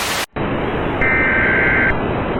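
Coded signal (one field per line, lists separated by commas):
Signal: Emergency Alert System (SAME) tones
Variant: header bursts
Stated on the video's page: Simulated alert scenario with music.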